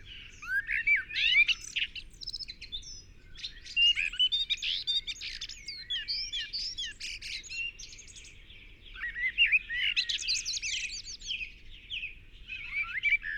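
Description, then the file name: Eurasian blackbird song: bursts of sweeping, chirping and twittering notes, some rising and falling, packed in busy runs with short pauses, over a faint low rumble. "Turdus merula"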